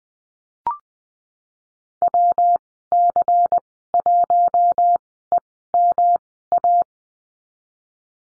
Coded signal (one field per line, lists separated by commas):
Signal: Morse code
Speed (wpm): 20 wpm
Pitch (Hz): 700 Hz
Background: none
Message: WC1EMA